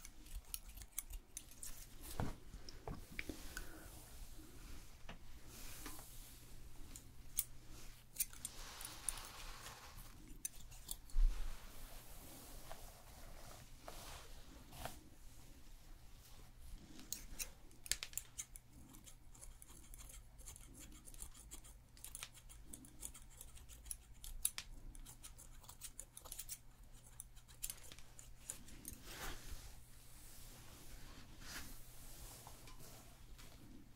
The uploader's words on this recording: ASMR Hair Salon Haircut, Perm, Shampoo WLayered Sounds (No Talking).